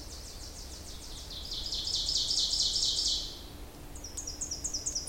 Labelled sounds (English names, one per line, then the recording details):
Ovenbird song
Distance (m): 25 m
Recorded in boreal forest in Alberta, Canada, on 26 May 2016 at 06:38
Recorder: SongMeter 3, array SBT-3-15
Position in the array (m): 47 m, 227 m
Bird 20